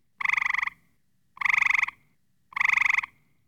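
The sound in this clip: Frog calling with three pulsed, rattling croaks of about half a second each, spaced roughly every 1.2 seconds, clean background.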